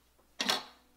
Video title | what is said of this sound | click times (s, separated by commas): Should You Buy? Pampered Chef Electric Grill and Griddle | and it clicks right in okay so you can do that on the top | 0.4 s, 0.5 s